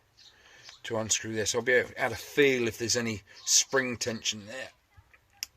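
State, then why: Released. A seized screw in the magnet plate assembly of a Suzuki FZ50 motorcycle is unscrewed while a thumb holds the plate. Someone talks, and then a sharp, brief click at 5.4 s marks the screw breaking free and releasing.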